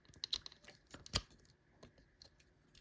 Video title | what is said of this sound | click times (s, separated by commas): Transformers Legacy United Voyager Class THUNDERTRON Review | Okay, see there, now there was a nice little clicking sound there. | 1.2 s